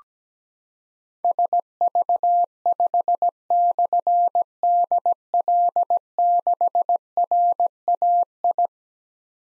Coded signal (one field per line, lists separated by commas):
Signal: Morse code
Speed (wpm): 17 wpm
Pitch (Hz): 700 Hz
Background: none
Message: SV5/DL6RAI